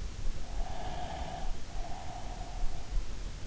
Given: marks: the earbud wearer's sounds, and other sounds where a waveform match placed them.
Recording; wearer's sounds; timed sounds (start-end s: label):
sounds in sleep by an in-ear microphone; breath
0.47-3.38 s: breath